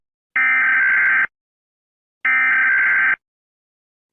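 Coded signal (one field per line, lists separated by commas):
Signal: Emergency Alert System (SAME) tones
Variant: header bursts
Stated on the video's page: Fictional EAS scenario of a hazardous material breach; not a real event.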